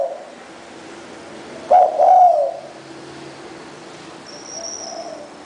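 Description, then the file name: Spotted dove giving one loud two-part coo among fainter coos, with a faint thin high whistle afterwards. "นกเขาใหญ่"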